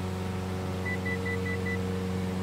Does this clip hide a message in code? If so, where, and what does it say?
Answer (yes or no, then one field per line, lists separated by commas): no